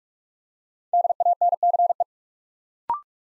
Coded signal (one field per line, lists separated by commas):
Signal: Morse code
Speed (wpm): 44 wpm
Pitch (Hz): 700 Hz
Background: none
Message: DANCE